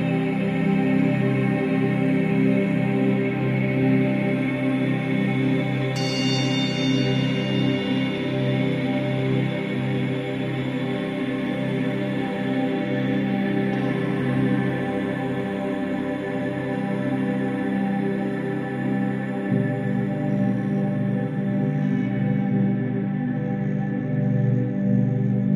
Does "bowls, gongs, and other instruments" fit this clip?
yes